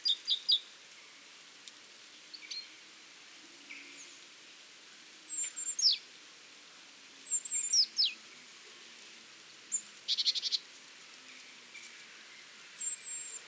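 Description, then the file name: Great tit calls: thin high whistled notes sliding down, mixed with short chirps and one buzzy burst, spread irregularly across the recording. "Parus major"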